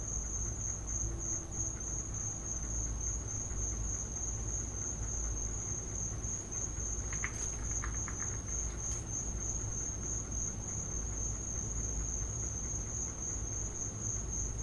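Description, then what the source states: Cricket chorus forms an unbroken shrill high trill throughout, with a few faint clicks midway and steady low rumble underneath. Crickets in a back yard.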